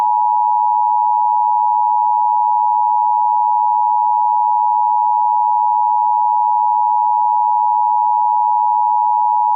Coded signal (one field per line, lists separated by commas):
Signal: Emergency Alert System (SAME) tones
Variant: 853 and 960 Hz attention tone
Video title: EAS Scenario - Astronomical Disaster